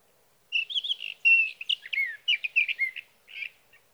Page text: 61. Sage thrasher songs, through the night. from the evening of June 12 to the morning of June 15, 2018, in Sierra Valley, California